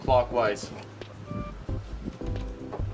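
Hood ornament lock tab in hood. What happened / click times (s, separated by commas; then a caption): The plastic lock tab is being handled but has not locked home yet / none. Pliers turn the plastic locking tab of a Mercedes hood ornament clockwise under the hood, with the ornament set in its hole. Someone talks over loud background music, and brief handling sounds come at about 1.0 and 2.4 seconds. Nothing has seated or locked into place yet.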